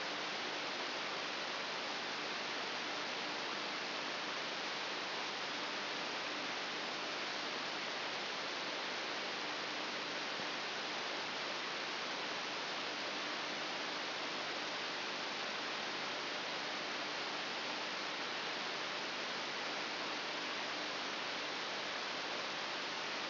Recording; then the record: brain microelectrode recording played as sound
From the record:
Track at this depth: outside the subthalamic nucleus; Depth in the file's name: 6.501 mm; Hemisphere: right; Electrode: 3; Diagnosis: Parkinson's disease